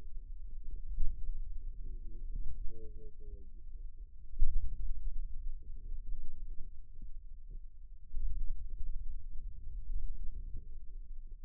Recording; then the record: forearm muscle sounds (acoustic myography)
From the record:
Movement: finger pinch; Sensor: system 2, bracelet of six BSWA MPA416 microphones around the upper forearm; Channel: 1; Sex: male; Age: 22 years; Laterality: right